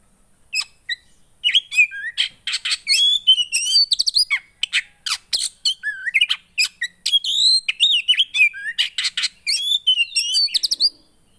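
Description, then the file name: Oriental magpie-robin song, continuous and varied: sweet slurred whistles alternating with harsh chattering and scratchy notes throughout. Song of a kacer played so a caged bird becomes agitated and responds. "Burung kacer anda langsung emosi dengar ini"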